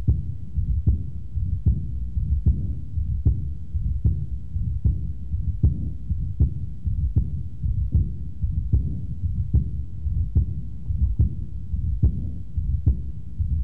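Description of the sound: Steady heartbeats near 75 a minute in an adult, each followed by an early diastolic decrescendo murmur with a high-frequency whispering quality that dies out during diastole, heard best at the lower sternal border: chronic severe aortic valve insufficiency.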